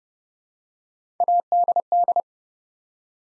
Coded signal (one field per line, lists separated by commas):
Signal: Morse code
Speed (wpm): 30 wpm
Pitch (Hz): 700 Hz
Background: none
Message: ADD